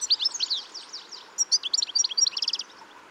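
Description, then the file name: European goldfinch giving a fast series of bright tinkling chirps, ending in a quick buzzy trill. "Carduelis carduelis"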